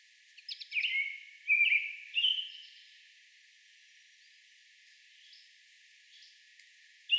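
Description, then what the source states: American robin: three short, slurred notes in quick succession in the first three seconds, then near silence with faint chirps. Recorded 30 May 2019.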